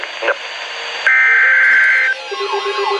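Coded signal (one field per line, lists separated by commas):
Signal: Emergency Alert System (SAME) tones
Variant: header bursts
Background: speech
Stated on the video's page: Six real EAS alerts received from NOAA Weather Radio and AM/FM: three severe thunderstorm warnings and three flash flood warnings.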